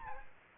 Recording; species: mosquito wingbeat signal from an infrared sensor; Aedes aegypti